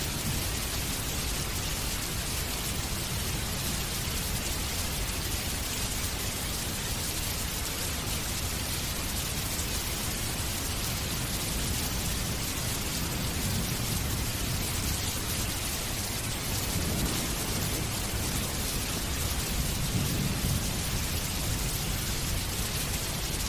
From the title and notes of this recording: Heavy Rain and Deep Thunder Sounds - Torrential Rain Sounds.